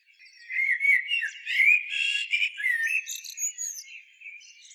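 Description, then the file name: Common blackbird song, one continuous run of smooth fluted warbling with a rasping middle section and high tinkling notes at the end. "Turdus merula"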